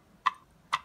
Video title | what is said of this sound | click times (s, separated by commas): Ryobi Biscuit Joiner Unboxing, Review, and Test! | it locks in right there at 90 and you adjust it with this key | 0.3 s, 0.7 s